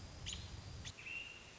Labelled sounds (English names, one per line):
American Robin